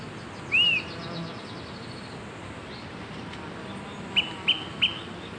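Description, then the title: Smoke-colored Pewee: one clear arched whistle, then after a pause three short sharp pip notes in a steady series, over faint background hiss. Subspecies zarumae. "LuckyPassaro Completos2Sama. Smoke-colored Pewee (Contopus fumigatus zarumae)"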